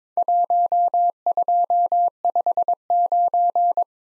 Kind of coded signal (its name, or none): Morse code